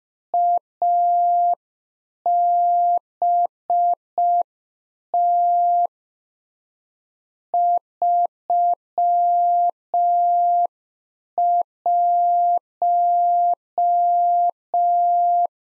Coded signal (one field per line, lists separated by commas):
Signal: Morse code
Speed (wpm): 5 wpm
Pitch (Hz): 700 Hz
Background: none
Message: ABT 31